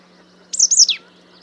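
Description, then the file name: Marsh tit call: one brief, high, sharp note that wavers and then drops away, over a faint steady hum. "Poecile palustris"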